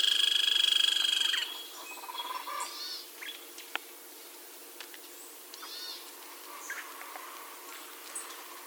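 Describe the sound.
Grey-crowned woodpecker giving a loud, fast, buzzy pulsed rattle for about a second and a half, then only faint scattered notes.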